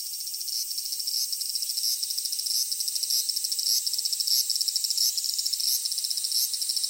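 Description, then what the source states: Cicada song: piercing, electronic-sounding high drone throbbing in repeated pulses. Cicadas from Japan; song described as very different from French cicadas, electronic-sounding, somewhat like a smoke alarm.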